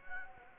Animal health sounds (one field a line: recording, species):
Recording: mosquito wingbeat signal from an infrared sensor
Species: Anopheles gambiae